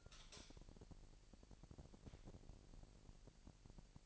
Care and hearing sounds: daily activity, microphone in the room; light on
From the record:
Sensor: 5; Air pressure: 1002.0 hPa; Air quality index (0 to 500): 226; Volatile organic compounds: 29 ppm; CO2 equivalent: 2946 ppm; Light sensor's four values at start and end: 15/35/14/16 and 15/36/15/16

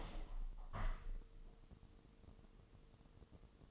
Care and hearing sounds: daily activity, microphone in the room; open window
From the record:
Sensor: 4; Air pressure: 1000.7 hPa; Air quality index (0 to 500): 243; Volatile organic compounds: 40 ppm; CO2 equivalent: 3154 ppm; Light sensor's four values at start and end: 9/20/8/7 and 9/20/8/8

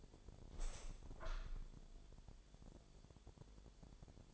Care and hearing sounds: daily activity, microphone in the room; open window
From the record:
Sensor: 5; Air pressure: 1000.6 hPa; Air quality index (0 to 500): 150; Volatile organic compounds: 2 ppm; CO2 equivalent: 1154 ppm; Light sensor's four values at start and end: 41/97/41/44 and 41/97/41/44

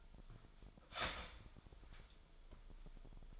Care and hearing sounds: daily activity, microphone in the room; start toaster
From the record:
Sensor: 5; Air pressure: 1002.1 hPa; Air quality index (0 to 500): 208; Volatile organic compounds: 20 ppm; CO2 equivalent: 2696 ppm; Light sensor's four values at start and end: 33/108/41/43 and 33/108/41/43

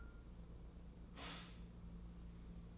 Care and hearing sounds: daily activity, microphone in the room; stop toaster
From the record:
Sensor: 1

